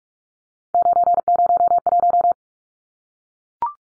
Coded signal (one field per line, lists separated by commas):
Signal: Morse code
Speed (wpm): 44 wpm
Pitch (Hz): 700 Hz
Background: none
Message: 901